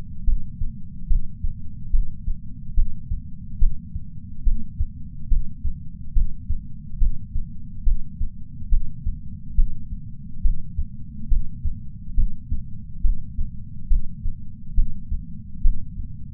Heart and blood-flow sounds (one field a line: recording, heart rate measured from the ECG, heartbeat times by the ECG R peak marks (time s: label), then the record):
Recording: heart sounds by patch sensor on the chest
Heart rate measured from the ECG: 70 bpm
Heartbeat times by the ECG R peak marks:
0.24 s: heartbeat
1.07 s: heartbeat
1.90 s: heartbeat
2.74 s: heartbeat
3.58 s: heartbeat
4.43 s: heartbeat
5.27 s: heartbeat
6.12 s: heartbeat
6.97 s: heartbeat
7.83 s: heartbeat
8.68 s: heartbeat
9.54 s: heartbeat
10.41 s: heartbeat
11.27 s: heartbeat
12.14 s: heartbeat
13.00 s: heartbeat
13.87 s: heartbeat
14.74 s: heartbeat
15.61 s: heartbeat
From the record:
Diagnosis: coronary artery disease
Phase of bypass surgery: intraoperative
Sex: male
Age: 57 years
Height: 175 cm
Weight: 71 kg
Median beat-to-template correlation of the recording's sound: 0.90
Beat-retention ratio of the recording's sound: 0.98